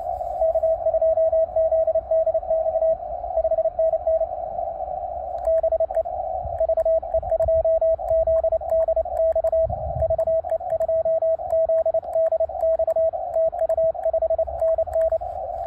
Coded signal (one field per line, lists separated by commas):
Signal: Morse code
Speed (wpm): 29 wpm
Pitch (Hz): 650 Hz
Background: radio noise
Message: K2ZDX 5NN BE VE2ZDX VE2ZDX TU 5NN